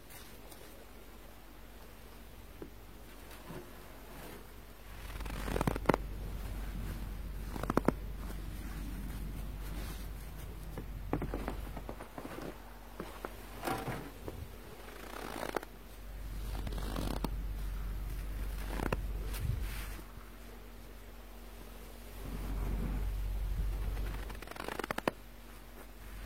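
Snow, with gusts of wind rumbling against the microphone in waves, around 5–8, 11–14, 16–20 and 22–24 seconds. Sharp crackling ticks and crunches pop up irregularly throughout, over a faint steady low hum in the quieter stretches.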